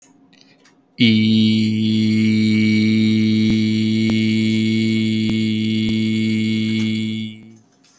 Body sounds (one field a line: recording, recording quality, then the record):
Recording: sustained vowel as in beet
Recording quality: excellent, no background noise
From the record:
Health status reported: healthy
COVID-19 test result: not tested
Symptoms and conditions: none ticked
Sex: male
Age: 33 years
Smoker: not ticked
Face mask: not worn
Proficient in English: yes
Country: India